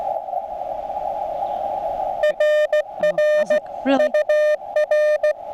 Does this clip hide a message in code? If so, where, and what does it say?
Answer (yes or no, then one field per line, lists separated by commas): yes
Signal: Morse code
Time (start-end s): 2.2-5.3 s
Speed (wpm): 16 wpm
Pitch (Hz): 600 Hz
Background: radio noise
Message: RR UR